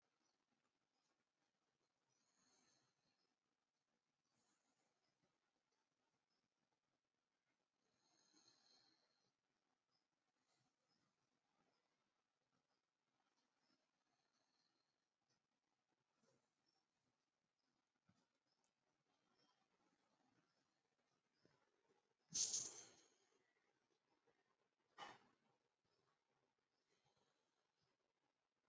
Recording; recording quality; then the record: deep breathing; moderate, slight background noise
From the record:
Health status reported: COVID-19 positive, mild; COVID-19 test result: positive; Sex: male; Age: 30 years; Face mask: worn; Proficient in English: yes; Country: India